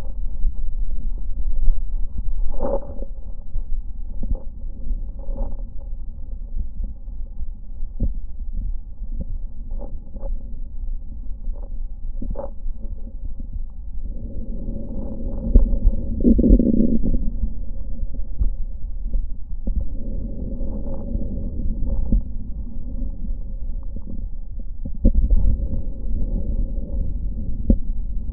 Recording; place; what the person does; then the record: lung sounds by stethoscope; left posterior basal chest; quiet breathing, then deep breathing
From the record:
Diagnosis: none (healthy); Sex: male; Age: 23 years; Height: 185 cm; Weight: 93 kg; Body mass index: 27.2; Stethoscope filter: diaphragm mode